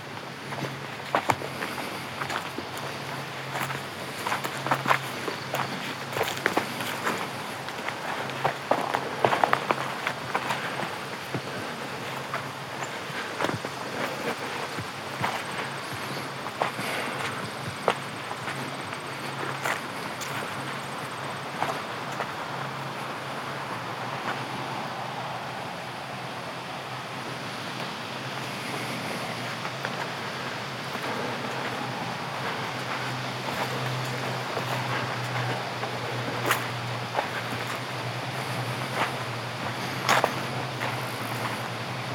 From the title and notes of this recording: Lively Day by a Cabin in the Woods (Manistee Airbnb). Crisp sounds of leaves, crickets, passing cars, and a calm creek.